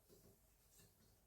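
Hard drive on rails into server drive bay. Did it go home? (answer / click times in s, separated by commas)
no / none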